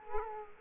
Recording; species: mosquito wingbeat signal from an infrared sensor; Culex quinquefasciatus